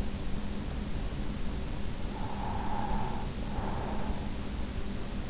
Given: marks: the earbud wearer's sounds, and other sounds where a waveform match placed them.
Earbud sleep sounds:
sounds in sleep by an in-ear microphone; breath
1.95-4.64 s: breath

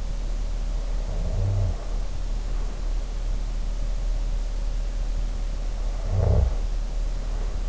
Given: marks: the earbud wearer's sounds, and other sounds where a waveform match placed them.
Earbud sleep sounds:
sounds in sleep by an in-ear microphone; snoring breath
0.97-2.79 s: snoring breath
5.90-7.69 s: snoring breath

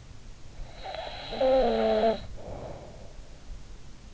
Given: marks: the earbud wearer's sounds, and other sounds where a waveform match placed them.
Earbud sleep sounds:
sounds in sleep by an in-ear microphone; snoring breath
0.60-3.23 s: snoring breath

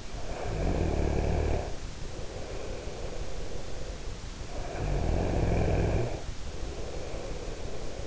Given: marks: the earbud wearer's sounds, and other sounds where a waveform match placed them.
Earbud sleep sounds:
sounds in sleep by an in-ear microphone; snoring breath
0.14-3.58 s: snoring breath
4.34-8.07 s: snoring breath

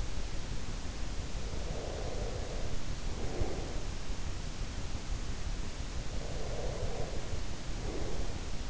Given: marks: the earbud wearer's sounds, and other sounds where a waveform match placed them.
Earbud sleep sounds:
sounds in sleep by an in-ear microphone; breath
1.27-4.05 s: breath
5.99-8.70 s: breath

